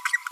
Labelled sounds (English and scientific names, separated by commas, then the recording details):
Green-rumped Parrotlet (Forpus passerinus) babbling
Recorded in a nest box in Venezuela
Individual 18B25A5